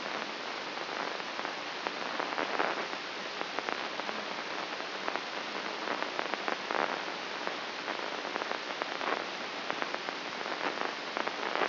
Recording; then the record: brain microelectrode recording played as sound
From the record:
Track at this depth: inside the subthalamic nucleus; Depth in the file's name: 3.431 mm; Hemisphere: left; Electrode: 3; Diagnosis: Parkinson's disease